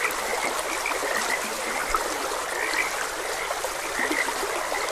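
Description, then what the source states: Frogs giving short croaks in loose bursts while water flows and gurgles steadily. Frogs croaking beside a gentle stream.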